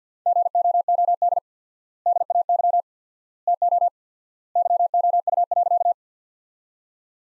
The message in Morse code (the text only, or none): GOOD DAY TO YOU.